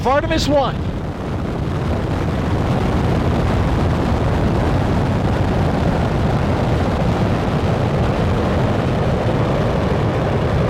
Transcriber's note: Sound of rocket firing as Artemis I lifts off